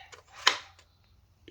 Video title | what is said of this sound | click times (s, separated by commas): DIY Oil change on 2023 BMW M340ixdrive | you hear it click | 0.5 s